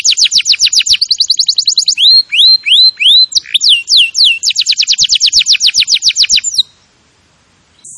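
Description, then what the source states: Canary song with rapid high trills, a series of rising whistles and falling sweeps, another fast trill, then quiet in the last second. Canary singing vigorously (gacor).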